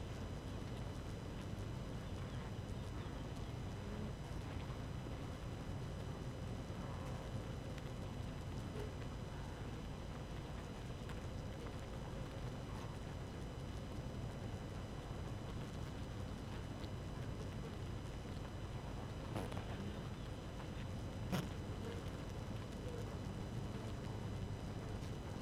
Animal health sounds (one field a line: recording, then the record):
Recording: honeybee colony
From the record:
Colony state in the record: active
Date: 12 June 2018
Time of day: 4:13